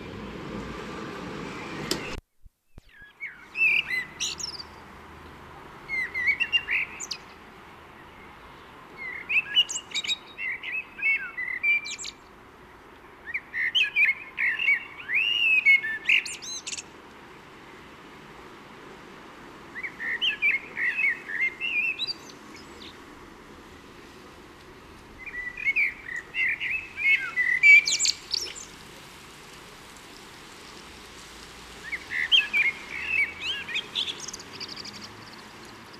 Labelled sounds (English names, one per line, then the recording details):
Common Blackbird song
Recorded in the wild
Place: Kaiserslautern, Rheinland-Pfalz, DE
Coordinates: 49.4247, 7.77889
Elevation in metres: 279
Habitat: garden
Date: 1977-04-15
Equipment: Nagra IV, Sennheiser MKH 405, Parabolreflektor
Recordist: Tretzel, Erwin
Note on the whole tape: Garten Nachbar Huberti, Kaiserslautern: Gesang